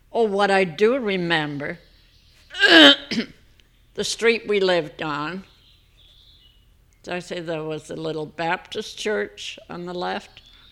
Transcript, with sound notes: Oh, what I do remember, ( she clears her throat ) the street we lived on. Did I say there was a little Baptist church on the left?